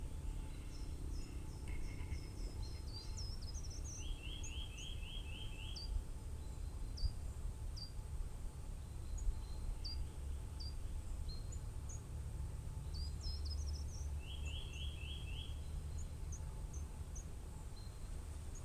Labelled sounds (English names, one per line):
Short-toed Treecreeper call